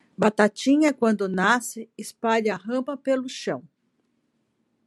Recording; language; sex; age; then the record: short text; Brazilian Portuguese; female; 50 to 59 years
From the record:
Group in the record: control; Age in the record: 55 years